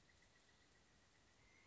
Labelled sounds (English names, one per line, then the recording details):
Pileated Woodpecker
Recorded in Sonoma County, California